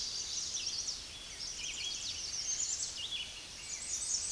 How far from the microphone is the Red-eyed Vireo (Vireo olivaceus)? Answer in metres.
about 45 m